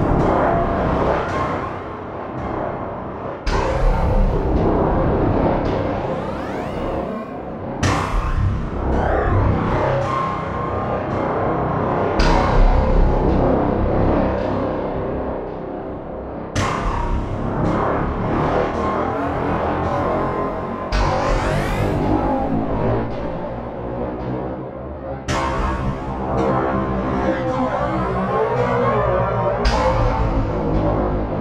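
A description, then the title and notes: A series of heavy impacts land about every four seconds, each sharp hit followed by a long, rumbling, ringing tail that fades slowly. Processing a series of impact sounds (sounds I made for the Backbone factory library) with UVI Shade 1.2, automating the installed Macros in LogicX. Demo starts dry, some reverb is provided by Breeze 2.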